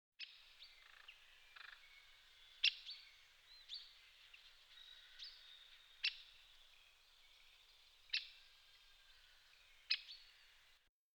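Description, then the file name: Great spotted woodpecker giving single sharp kik calls a few seconds apart, while other small birds sing and twitter in the background. "grote bonte specht"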